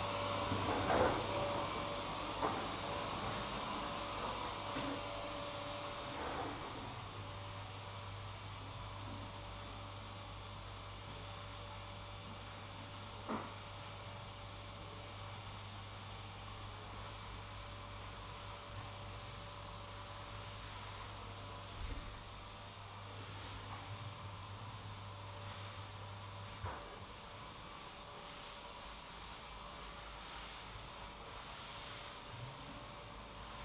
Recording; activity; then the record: daily activity, microphone in the room; vacuum cleaning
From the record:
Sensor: 1